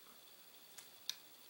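A steel grip screw is turned backwards (counter-clockwise) in the grip bushing of a 1911 Series 80 pistol frame, and a faint tick at 0.8 s is followed by a sharp, bright click at 1.1 s. That click is the thread end dropping into the start of the thread, so the screw is seated and ready to be screwed in lightly.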